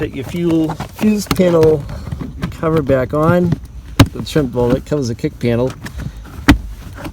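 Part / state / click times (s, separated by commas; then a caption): plastic kick panel trim cover into the vehicle interior side panel / seated / 6.5 s. Someone talks while the plastic trim cover over the kick panel, next to the fuse panel, is pressed back onto the interior side panel of a 2007-2017 Ford Expedition. A single sharp, loud snap is heard at 6.5 s as the trim seats into place.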